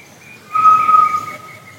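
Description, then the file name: Solitary tinamou whistle: one clear, flat-pitched note held for nearly a second, then cut off. "canto do macuco"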